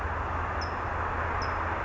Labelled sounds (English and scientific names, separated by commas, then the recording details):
California Towhee (Melozone crissalis)
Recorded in Sonoma County, California